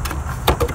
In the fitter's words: the plastic grooves are so it locks in place and you're gonna turn that clockwise